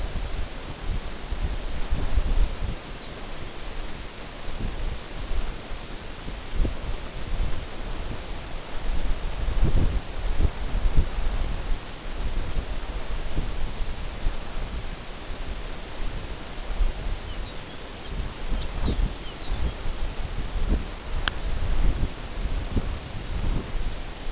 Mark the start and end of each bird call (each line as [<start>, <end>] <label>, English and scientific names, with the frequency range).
[2.90, 3.13] Lapland Longspur (Calcarius lapponicus) (3.6-4.5 kHz)
[17.11, 20.16] Lapland Longspur (Calcarius lapponicus) (2.4-5.2 kHz)